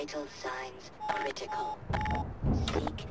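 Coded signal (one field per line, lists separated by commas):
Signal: none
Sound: game sound effect beeps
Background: speech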